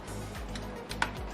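A keyed, latched power cable plug with a plastic housing and retaining hook is pressed into its motherboard header over a steady musical background. A sharp, short click is heard at 1.0 s, and the connector is confirmed locked in place.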